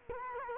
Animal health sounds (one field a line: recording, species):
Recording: mosquito wingbeat signal from an infrared sensor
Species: Culex quinquefasciatus